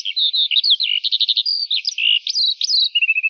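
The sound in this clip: Lark song, a quick run of clear high chirps, pulsed trill notes and slurred whistles, closing on a lower dry trill.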